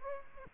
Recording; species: mosquito wingbeat signal from an infrared sensor; Aedes aegypti